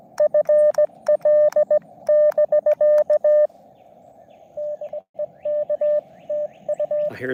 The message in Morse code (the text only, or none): FL <BK> DE K TU